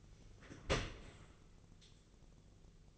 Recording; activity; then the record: daily activity, microphone in the room; open dishwasher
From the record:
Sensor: 4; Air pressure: 1001.3 hPa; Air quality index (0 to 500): 182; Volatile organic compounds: 2 ppm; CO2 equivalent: 1301 ppm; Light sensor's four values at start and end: 12/29/12/12 and 13/29/12/12